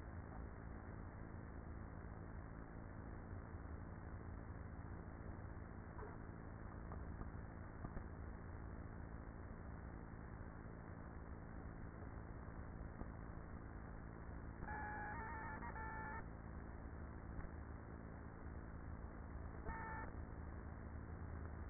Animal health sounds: honeybee colony, microphone inside the hive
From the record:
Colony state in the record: queenless with a low population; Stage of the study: after two queens were removed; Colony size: about 30,000 bees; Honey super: no

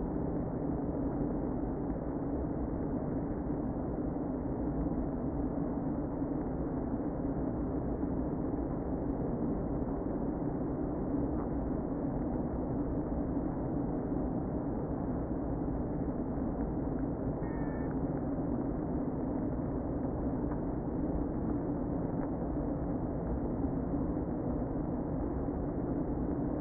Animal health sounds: honeybee colony, microphone inside the hive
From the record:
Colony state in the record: queen present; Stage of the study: before two queens were removed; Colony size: about 60,000 bees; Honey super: yes

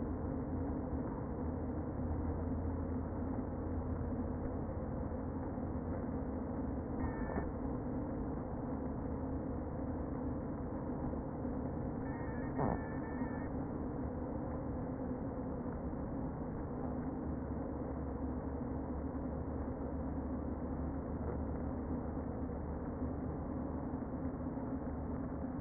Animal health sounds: honeybee colony, microphone inside the hive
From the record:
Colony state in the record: queen present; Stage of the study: before two queens were removed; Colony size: about 60,000 bees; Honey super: yes

